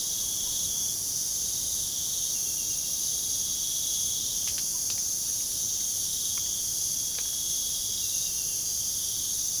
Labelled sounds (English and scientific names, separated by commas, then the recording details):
none
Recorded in pastures near Puerto Asís, Putumayo, Colombia, on 29 June 2025 at 00:30
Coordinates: 0.497, -76.327
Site G040